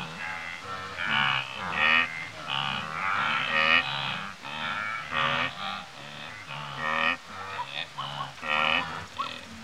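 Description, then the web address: Several wildebeest grunting together, a steady run of buzzy nasal honks overlapping, some short rising notes near the end. Several grazing and grunting, Africa. "Sound Effects Library-30 (Africa- The Natural World) 28 WILDBEEST, Several grazing and grunting"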